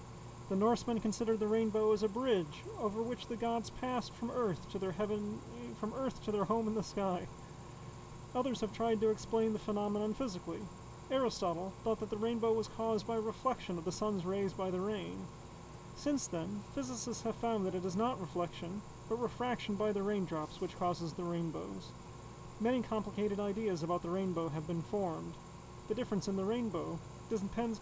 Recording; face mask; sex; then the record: reading aloud; surgical mask; male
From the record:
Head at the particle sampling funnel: tilted down, bridge of the nose in front of it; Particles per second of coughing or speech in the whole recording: 0.276